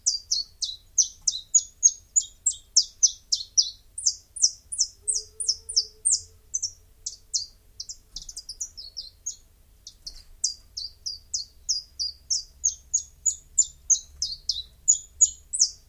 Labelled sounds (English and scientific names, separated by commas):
Common Chiffchaff (Phylloscopus collybita) song